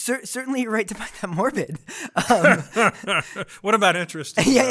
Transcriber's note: laughter